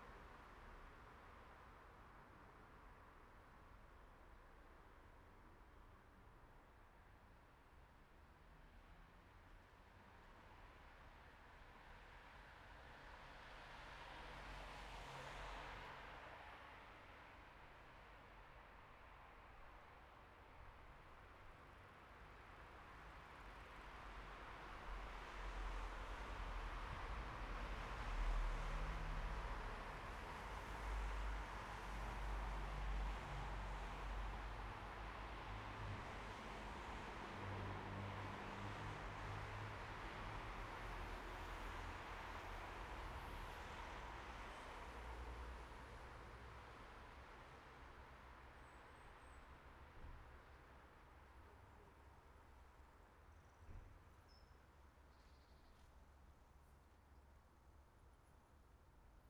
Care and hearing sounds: everyday scene through a hearing-aid microphone; in traffic; traffic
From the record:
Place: bus stop on a city main road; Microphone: behind the ear, right, rear

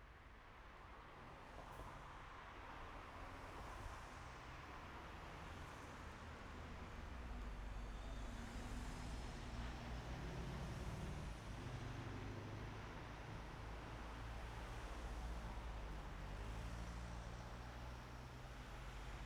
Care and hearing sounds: everyday scene through a hearing-aid microphone; in traffic; traffic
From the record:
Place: main road on the outskirts, rush hour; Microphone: behind the ear, right, front

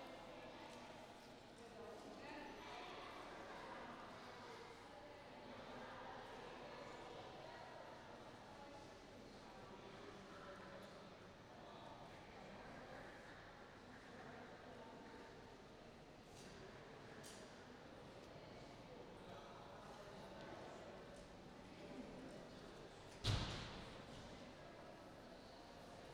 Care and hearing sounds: everyday scene through a hearing-aid microphone; reverberant space; background noise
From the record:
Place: railway station hall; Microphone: in the ear canal, right

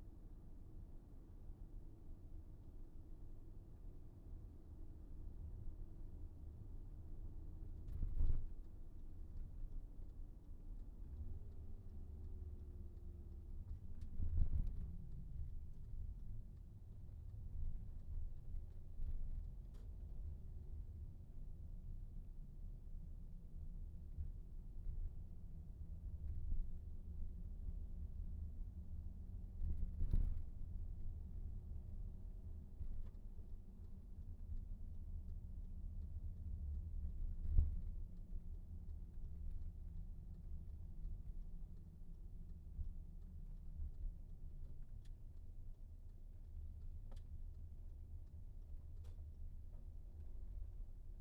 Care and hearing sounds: everyday scene through a hearing-aid microphone; in a vehicle; engine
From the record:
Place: VW T5 Caravelle, diesel engine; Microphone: behind the ear, right, rear

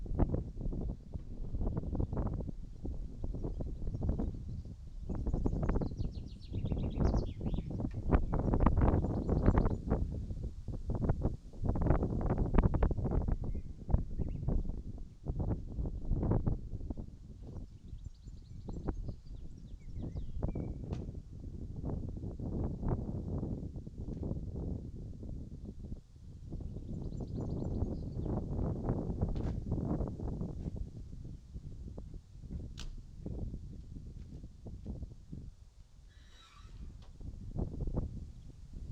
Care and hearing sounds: everyday scene through a hearing-aid microphone; wind on the microphone; wind, other noises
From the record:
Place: in front of a rural house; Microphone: in the ear canal, right

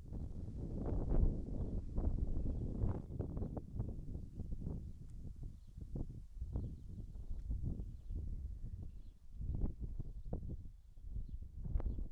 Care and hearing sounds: everyday scene through a hearing-aid microphone; wind on the microphone; wind, birds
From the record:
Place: in front of a rural house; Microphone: behind the ear, right, rear

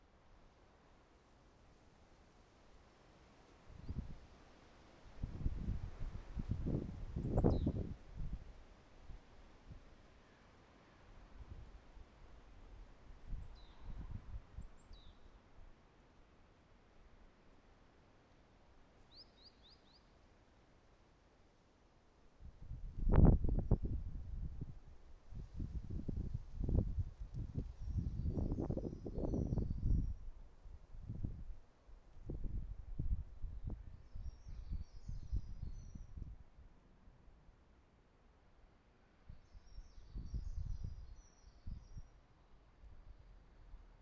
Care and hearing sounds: everyday scene through a hearing-aid microphone; wind on the microphone; wind, traffic, birds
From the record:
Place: suburban garden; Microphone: behind the ear, right, rear

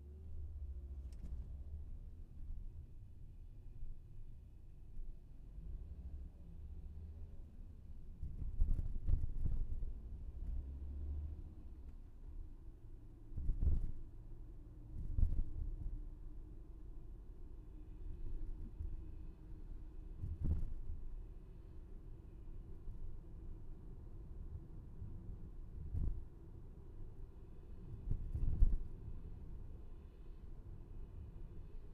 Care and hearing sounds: everyday scene through a hearing-aid microphone; in a vehicle; engine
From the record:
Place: VW T5 Caravelle, diesel engine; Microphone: behind the ear, left, rear

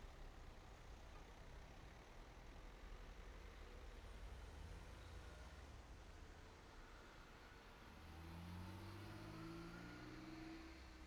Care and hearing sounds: everyday scene through a hearing-aid microphone; in traffic; traffic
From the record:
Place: main road on the outskirts, rush hour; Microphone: behind the ear, right, front

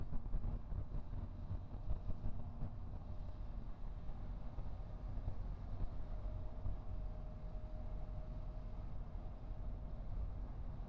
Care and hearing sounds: everyday scene through a hearing-aid microphone; in a vehicle; engine, highway driving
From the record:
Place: Skoda Fabia, gasoline engine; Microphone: behind the ear, right, rear

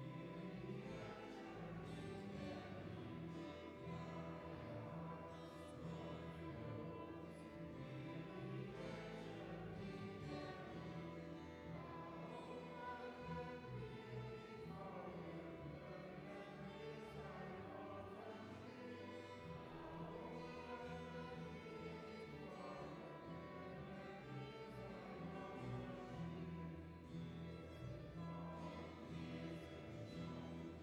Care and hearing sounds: everyday scene through a hearing-aid microphone; reverberant space; music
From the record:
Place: church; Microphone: behind the ear, left, rear

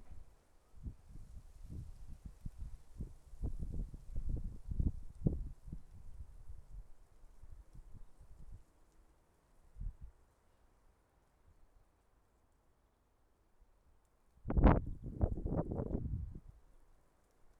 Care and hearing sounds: everyday scene through a hearing-aid microphone; wind on the microphone; wind, traffic, birds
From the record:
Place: suburban garden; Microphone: behind the ear, left, rear

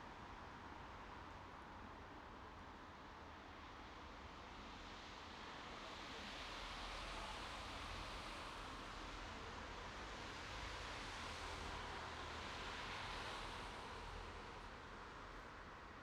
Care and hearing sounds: everyday scene through a hearing-aid microphone; in traffic; traffic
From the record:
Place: bus stop on a city main road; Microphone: in the ear canal, right

